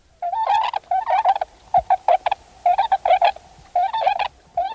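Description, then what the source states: Tundra Swans calling: a run of bugling whoops in quick bursts with short gaps between. Distinctive whoops of a second formation of swans flying in on a November morning to forage near trumpeter swans in a plowed field; fall migrants from Canada and Alaska.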